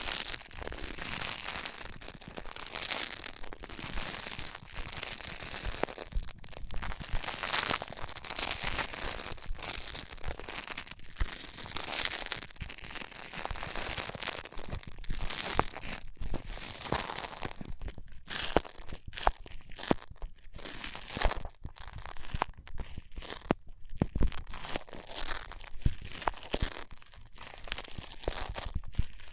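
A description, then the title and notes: A band-aid is ripped off in a dense, rough stream of tearing, crinkling and crunching noise, bright and harsh from the start. After about seventeen seconds it turns choppier, with sharp bursts broken by brief silences near 18, 21 and 24 seconds. ASMR Ripping Off the Band Aid (No Talking).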